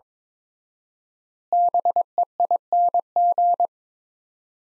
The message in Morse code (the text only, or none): BEING